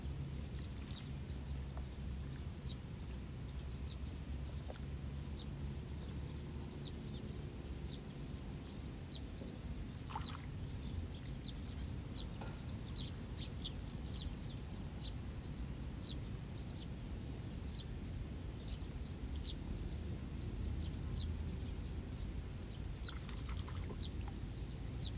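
Sparrows chirp busily and without pause over the sound of water in a flooded rice seedling bed, their short bright calls scattered all through. Beneath them runs a steady low wash of water, with a few louder splashy bursts around ten and twenty-three seconds.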